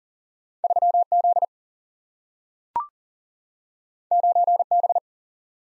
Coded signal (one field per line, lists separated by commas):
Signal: Morse code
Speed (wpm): 40 wpm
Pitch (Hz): 700 Hz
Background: none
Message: 3Z 9B